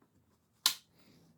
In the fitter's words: Clicks in and rotates.